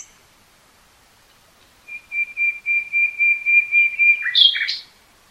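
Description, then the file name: Common nightingale song: a long series of repeated whistles on one pitch, swelling in volume, ending in a sharp flourish. "Luscinia megarhynchos"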